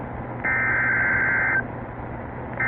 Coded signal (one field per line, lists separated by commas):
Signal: Emergency Alert System (SAME) tones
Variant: header bursts